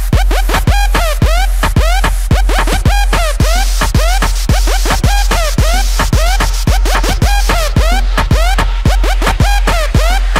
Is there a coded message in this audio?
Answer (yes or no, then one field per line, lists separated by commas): no